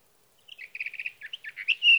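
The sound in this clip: Sage thrasher song: quick repeated chattering notes running into varied warbles and a loud, clear whistled note at the close.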